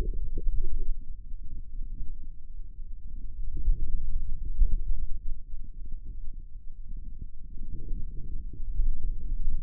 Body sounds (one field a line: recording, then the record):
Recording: forearm muscle sounds (acoustic myography)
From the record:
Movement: pen grasping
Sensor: system 2, bracelet of six BSWA MPA416 microphones around the upper forearm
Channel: 4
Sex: male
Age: 22 years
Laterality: right